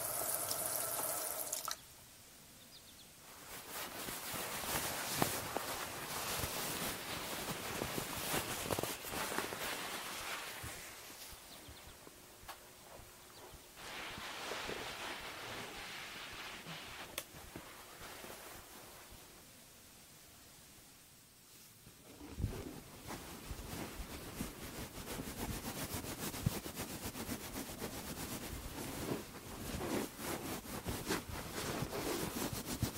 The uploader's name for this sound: First Person Head Spa Hair Wash, Brushing, Oil Ear Massage, Steam Mask